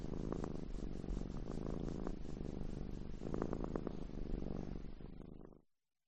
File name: audio hero Cat